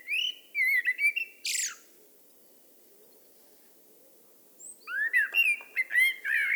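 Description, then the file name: Eurasian blackbird singing two phrases of low fluty whistles, the first ending in a squeaky high screech, separated by about three seconds of quiet. "Turdus merula"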